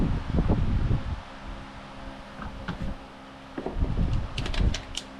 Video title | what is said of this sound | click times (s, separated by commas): Mercury 250 Pro XS 4-Stroke Maintenance: Spark Plug & Fuel Filter Change + Fixing Engine Alarms!'' | All right, it just clicked into place. | 5.0 s